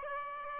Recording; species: mosquito wingbeat signal from an infrared sensor; Aedes albopictus